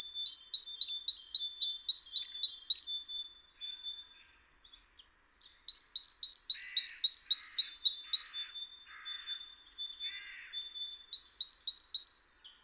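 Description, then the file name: Great tit song in three bursts of quick, ringing two-note phrases, separated by short pauses with soft, lower chattering notes in between. "Parus major"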